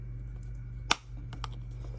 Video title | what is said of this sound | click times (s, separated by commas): BMW Key Battery Change and emergency key location how to replace the key fob battery 3 button key | a little click | 0.9 s